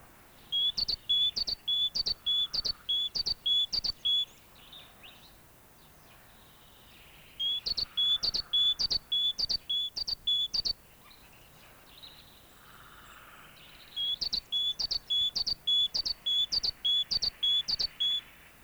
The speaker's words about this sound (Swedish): Det var kråka, nu följer talgoxe.